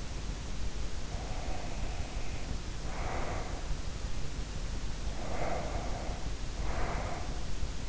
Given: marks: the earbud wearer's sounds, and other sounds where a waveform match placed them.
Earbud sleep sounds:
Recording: sounds in sleep by an in-ear microphone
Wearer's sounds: breath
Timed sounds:
0.84-4.08 s: breath
4.75-7.89 s: breath

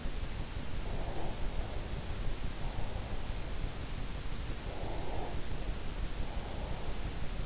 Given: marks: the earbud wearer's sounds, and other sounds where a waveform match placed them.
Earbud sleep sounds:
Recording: sounds in sleep by an in-ear microphone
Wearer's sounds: breath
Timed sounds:
0.91-1.77 s: breath
4.63-5.54 s: breath

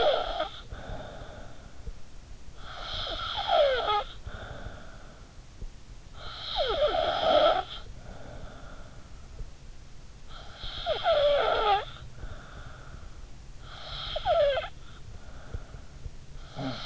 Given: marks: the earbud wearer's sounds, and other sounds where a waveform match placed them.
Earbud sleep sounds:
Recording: sounds in sleep by an in-ear microphone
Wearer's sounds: snoring breath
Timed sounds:
0.00-16.86 s: snoring breath

